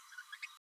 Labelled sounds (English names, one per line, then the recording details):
Green-rumped Parrotlet babbling
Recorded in a nest box in Venezuela
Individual 18B12A3